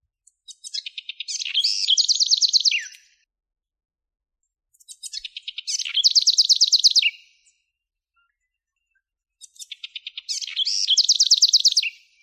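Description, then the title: Bird song, a high phrase of quick ticking notes running into a fast buzzy trill, repeated three times about every four and a half seconds with silence between. "LuckyPassaros CompletosSama"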